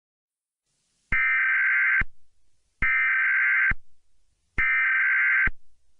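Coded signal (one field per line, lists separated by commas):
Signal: Emergency Alert System (SAME) tones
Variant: header bursts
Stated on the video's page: Fictional EAS scenario recreation.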